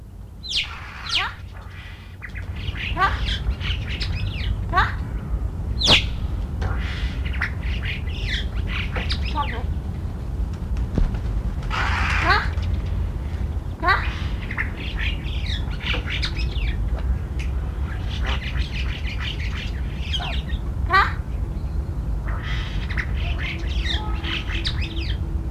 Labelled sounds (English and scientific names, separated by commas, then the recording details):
Alpine Chough (Pyrrhocorax graculus) call
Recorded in captivity
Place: Zoo Hannover, Niedersachsen, DE
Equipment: Halbspur, 9,5 cm/s
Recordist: Lütgens, Hans